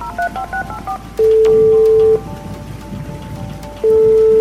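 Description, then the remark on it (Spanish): A quick series of short touch-tone beeps as a phone number is dialed to call a tow truck about a broken-down car, followed by long, steady ringing tones, all over a constant hiss of heavy storm rain. “Se apartó de la carretera y llamó a la grúa para avisar de su avería.”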